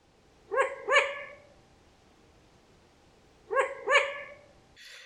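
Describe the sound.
Long-eared owl giving paired, harmonic, barking notes, with a second pair about three seconds after the first.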